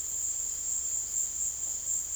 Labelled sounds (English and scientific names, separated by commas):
none